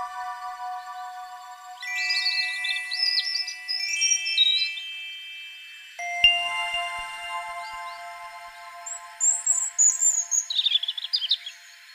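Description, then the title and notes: European Robin giving sweet, high warbling phrases with brief silences between them, accompanied by mellow sustained music chords and bell-like tones. Recorded in Berlin in October 2023. "Recording of a European Robin in Berlin in October 2023. Copyright Lars Lachmann"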